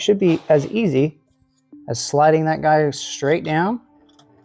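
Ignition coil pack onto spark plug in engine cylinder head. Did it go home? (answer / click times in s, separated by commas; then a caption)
no / none. Someone talks while an ignition coil pack is slid straight down onto the spark plug in the engine cylinder head, followed by a steady low hum and a few faint ticks near the end. The coil pack has not yet seated or clicked into place when the clip ends.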